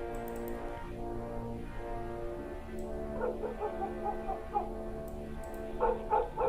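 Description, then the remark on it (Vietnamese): Several dogs at a house at the other end bark and yip in a few short, repeated bursts over a steady humming drone, the barks fairly soft and blending into the background, with no one speaking. “Có mấy con chó ở nhà đầu bên kia vẫn cứ sủa sang ghê lắm.”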